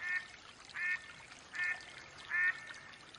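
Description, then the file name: Mallard quacking slowly, four separate nasal quacks with short quiet gaps between them. Female mallard hen quacking. "Mallard duck quacking call sounds Female Hen"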